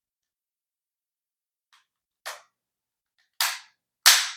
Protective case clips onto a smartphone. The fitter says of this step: Lock them into place. They'll lock into place just like that. And then that's locked down on that.